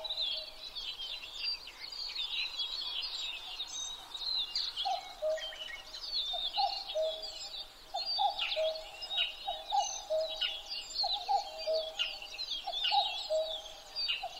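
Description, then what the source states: Common cuckoo starting its descending two-note call partway through, then repeating it, beneath an energetic chorus of high-pitched bird song. Recorded 12 June 2011 at 03:53.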